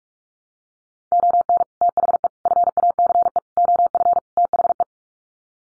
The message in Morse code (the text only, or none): ON THE FACE OF THE